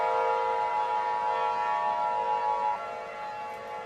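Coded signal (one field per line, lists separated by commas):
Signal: Emergency Alert System (SAME) tones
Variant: 853 and 960 Hz attention tone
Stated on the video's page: Mock EAS alert, a made-up scenario.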